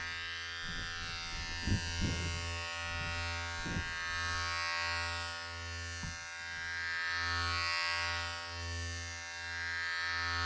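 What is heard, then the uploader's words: Electric hair clippers run with a steady, buzzing drone for the whole stretch, a low hum under a bright hiss. Brief scrapes and clicks break in during the first four seconds, with another sharp click near six seconds, as the clipper works through hair. Salon Haircut Head Massage, Scissors and Clipper.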